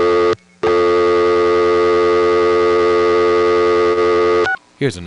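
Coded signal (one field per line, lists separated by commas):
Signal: telephone call progress tone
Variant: North America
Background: speech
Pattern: dial tone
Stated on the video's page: Telephone company permanent-signal recordings for phones left off hook, 1971-1983.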